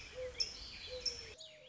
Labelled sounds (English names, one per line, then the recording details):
Mourning Dove
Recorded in Sonoma County, California